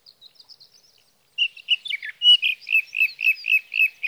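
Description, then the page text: Sage thrasher: soft, high notes at first, then a pause; from midway a sage thrasher sings a quick, evenly paced string of short warbled phrases. Song of a male, recorded through three nights from June 12 evening to June 15 morning, 2018, near his night roost in Sierra Valley, California, with a Swift recorder; night songs. "61. Sage thrasher songs, through the night."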